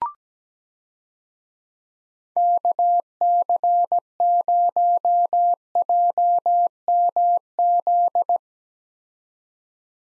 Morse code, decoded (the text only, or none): KC0JMZ